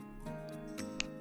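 The tongue of a heart lock clasp on a Victorian curb link bracelet is pushed into the heart-shaped lock and closed again while someone talks, with a softer sound near 0.8 s. It snaps shut with a sharp, bright click at 1.0 s, and the clasp is seated.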